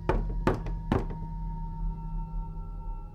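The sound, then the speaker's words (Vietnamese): Three dull, hollow knocks on a door in quick, fairly even succession, followed by quiet with only a low steady hum underneath. “Cụ vừa về buồng đóng cửa, còn chưa kịp bước đến giường thì tiếng gõ cửa lại vang lên.”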